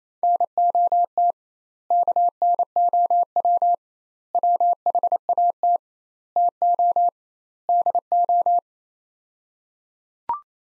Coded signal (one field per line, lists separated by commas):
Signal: Morse code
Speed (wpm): 28 wpm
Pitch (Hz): 700 Hz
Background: none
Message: NOT KNOW WHAT TO DO